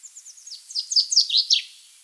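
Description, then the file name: Common chaffinch giving one song phrase: soft spaced notes that grow louder into a tumbling series ending in a flourish. "Fringilla coelebs"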